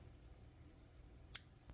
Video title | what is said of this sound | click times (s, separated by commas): SOG vs Victorinox : Quality, QC, Engineering, Durability, and Comparisons, After One Month Of Use | so there is an audible snap there but | 1.4 s